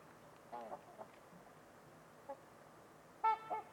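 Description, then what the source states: Trumpeter swan honks, a few soft nasal notes early, then a loud brassy double honk at the end against steady low background hiss. Trumpeter swans on a winter evening at Winters Lake in a deep, silent valley, with distant white noise.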